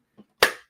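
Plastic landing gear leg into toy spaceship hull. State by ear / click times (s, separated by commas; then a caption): seated / 0.4 s. A plastic landing gear leg is pushed into the underside of a large plastic The Ghost HasLab toy spaceship. A faint, soft contact sound comes first, then the leg seats with a sharp, clear, satisfying click at 0.4 s that rings briefly and fades.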